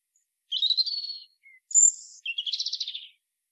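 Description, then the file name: European robin singing a varied high phrase: a wavering thin whistle, a tiny low note, a very high sharp whistle, then a rapid fluttering trill, all in a quiet background. "Erithacus rubecula"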